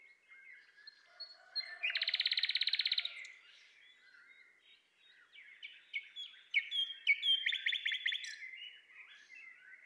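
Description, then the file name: Common nightingale delivering a loud, fast, machine-gun series of identical notes for about a second, later a choppy run of sharp chips, with a quiet low whistle beneath. "Luscinia megarhynchos"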